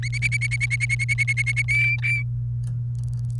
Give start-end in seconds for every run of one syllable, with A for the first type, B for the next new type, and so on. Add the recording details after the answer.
0.03-1.62 A, 1.68-2.23 B. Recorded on 29 April 2018 at 09:07. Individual llb3